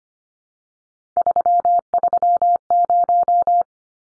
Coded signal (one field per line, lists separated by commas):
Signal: Morse code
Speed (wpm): 25 wpm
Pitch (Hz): 700 Hz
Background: none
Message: 330